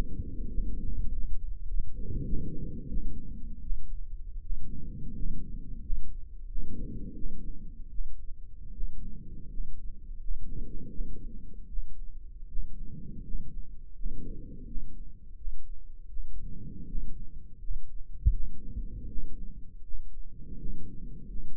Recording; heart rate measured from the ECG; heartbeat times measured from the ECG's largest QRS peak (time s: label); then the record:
heart sounds by microphone in the right ear; 84 bpm
0.48 s: heartbeat
1.07 s: heartbeat
1.65 s: heartbeat
2.23 s: heartbeat
2.87 s: heartbeat
3.61 s: heartbeat
4.41 s: heartbeat
5.14 s: heartbeat
5.81 s: heartbeat
6.47 s: heartbeat
7.14 s: heartbeat
7.89 s: heartbeat
8.72 s: heartbeat
9.48 s: heartbeat
10.19 s: heartbeat
10.89 s: heartbeat
11.67 s: heartbeat
12.47 s: heartbeat
13.23 s: heartbeat
13.94 s: heartbeat
14.65 s: heartbeat
15.36 s: heartbeat
16.07 s: heartbeat
16.86 s: heartbeat
17.59 s: heartbeat
18.31 s: heartbeat
19.07 s: heartbeat
19.82 s: heartbeat
20.57 s: heartbeat
21.27 s: heartbeat
From the record:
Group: healthy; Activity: rest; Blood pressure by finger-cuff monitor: 122/61 mmHg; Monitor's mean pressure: 78 mmHg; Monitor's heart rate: 83 bpm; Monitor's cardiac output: 9.4 L/min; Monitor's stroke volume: 114 mL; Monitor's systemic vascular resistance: 600 dyn s/cm5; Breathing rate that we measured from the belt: 15 breaths a minute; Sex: male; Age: 24 years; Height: 184 cm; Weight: 89 kg